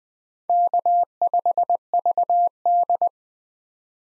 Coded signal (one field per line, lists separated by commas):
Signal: Morse code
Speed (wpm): 21 wpm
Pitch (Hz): 700 Hz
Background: none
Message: K5VD